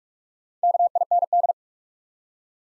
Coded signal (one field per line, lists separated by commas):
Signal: Morse code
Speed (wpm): 44 wpm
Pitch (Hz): 700 Hz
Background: none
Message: KIND